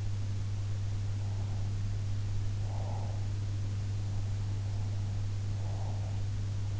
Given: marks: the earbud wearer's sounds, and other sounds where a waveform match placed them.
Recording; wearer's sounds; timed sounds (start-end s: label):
sounds in sleep by an in-ear microphone; breath
1.26-3.22 s: breath
4.68-6.22 s: breath